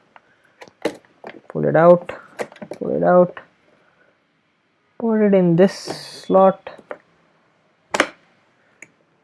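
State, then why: Seated. Someone talks while a RAM stick is pulled out and moved to another DIMM slot on a motherboard, with a few small handling clicks along the way. The stick is then pressed in, and a sharp, solid click sounds on both sides at 8.0 s as it latches and seats in the slot.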